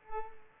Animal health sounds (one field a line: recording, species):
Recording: mosquito wingbeat signal from an infrared sensor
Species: Culex pipiens